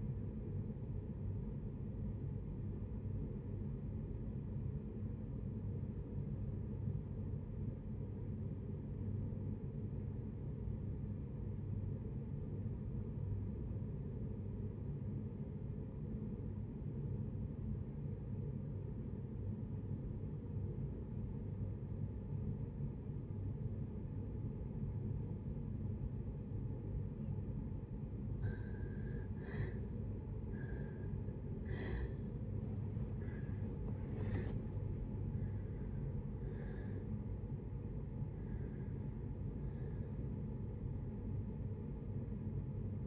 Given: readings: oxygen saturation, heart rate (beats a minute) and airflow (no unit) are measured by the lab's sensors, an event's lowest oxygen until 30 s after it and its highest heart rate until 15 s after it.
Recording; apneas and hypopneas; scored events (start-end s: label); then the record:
breathing in sleep by a smartphone at the bedside; 1
3.00-27.20 s: obstructive apnea (REM, oxygen 95% highest, then 62% lowest, heart rate 64 at the start, 85 highest)
28.00-43.07 s: new sleep stage, N1 (lightest sleep)
From the record:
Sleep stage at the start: REM sleep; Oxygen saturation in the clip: 64 to 95%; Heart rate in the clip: 55 to 85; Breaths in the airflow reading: 5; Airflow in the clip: -8.8 to 10.4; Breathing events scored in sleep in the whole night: 496 in 5.4 hours asleep